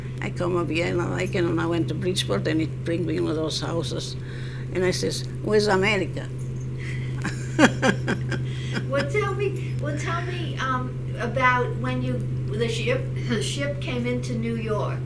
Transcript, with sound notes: I come over here, and I like it, and I went to Bridgeport, and he bring me one of those houses. And I says, "Where's America?" (she laughs)
Well, tell me, well, tell about when you, the ship, the ship came into New York.